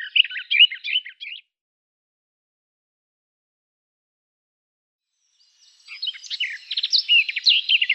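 Garden warbler song: two fast, scratchy warbling phrases in the high range, one short burst at the start and a longer run after a pause of about four seconds.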